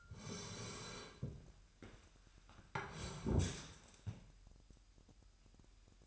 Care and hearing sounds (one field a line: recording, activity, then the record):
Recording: daily activity, microphone in the room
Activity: sit down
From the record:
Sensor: 2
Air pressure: 998.4 hPa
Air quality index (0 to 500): 127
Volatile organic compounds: 3 ppm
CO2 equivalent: 1434 ppm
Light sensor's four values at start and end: 5/12/5/6 and 6/16/6/7